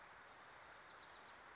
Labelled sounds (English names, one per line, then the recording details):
Wilson's Warbler
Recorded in Sonoma County, California